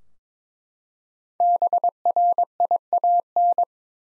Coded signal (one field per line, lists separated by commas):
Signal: Morse code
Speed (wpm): 21 wpm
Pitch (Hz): 700 Hz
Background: none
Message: BRIAN